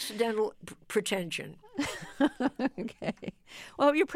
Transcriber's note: laughter